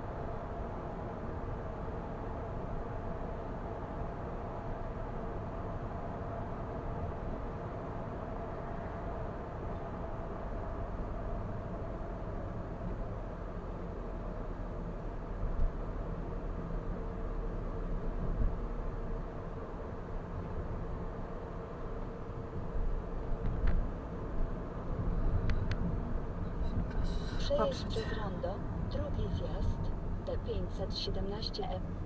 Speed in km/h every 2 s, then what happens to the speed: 74, 73, 73, 73, 73, 68, 59, 55, 52, 50, 49, 48, 48, 46, 40, 34.
0-9 steady at about 73. 9-32 slows to 34.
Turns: none.